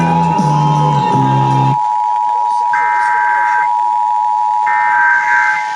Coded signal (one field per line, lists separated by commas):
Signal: Emergency Alert System (SAME) tones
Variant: 853 and 960 Hz attention tone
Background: speech, music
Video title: Pennsylvania Required Monthly Tests (11/18/21)(EAS 986-991)